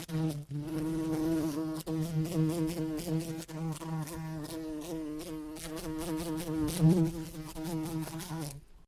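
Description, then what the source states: Bee flying with a continuous buzzing drone, its pitch wavering up and down as it moves, then cutting off abruptly. In flight.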